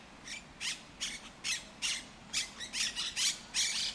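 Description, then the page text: Monk parakeet squawks, loud and scratchy, in an uneven series with a quick cluster of harsh calls near the end. El Retiro park, Madrid; Madrid has Europe's largest monk parakeet population. "Cities and Memory - remixing the world. Monk parakeets in Madrid. Madrid has the greatest population of Monk Parakeets in Europe, many of whom can be seen and heard in the El Retiro park"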